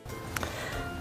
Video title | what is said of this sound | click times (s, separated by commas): SINGER 7258 100 Stitch Computerized 76 Decorative Stitches | and the presser foot will pop off | 0.4 s